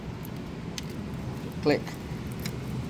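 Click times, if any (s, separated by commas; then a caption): 0.8 s. A wiring harness electrical plug is pushed onto the alternator on a Nissan Altima 2.5 car engine until it latches, with a sharp click at 0.8 s showing it has seated. Fainter ticks sound at 0.3 s and 2.5 s over a steady low background hum, and someone talks briefly near the middle.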